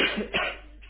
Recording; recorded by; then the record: voluntary cough; telephone call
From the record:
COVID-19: positive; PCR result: checked with the laboratory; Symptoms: yes